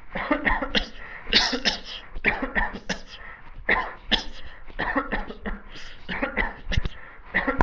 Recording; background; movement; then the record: voluntary coughing; quiet; walking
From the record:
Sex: male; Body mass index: 22.0 kg/m2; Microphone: on the chest, facing the body